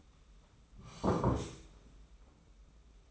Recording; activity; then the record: daily activity, microphone in the room; sit down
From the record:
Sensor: 1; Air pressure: 991.7 hPa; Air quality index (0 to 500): 155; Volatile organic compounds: 1000 ppm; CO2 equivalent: 5766 ppm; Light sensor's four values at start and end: 30/100/39/39 and 30/102/40/40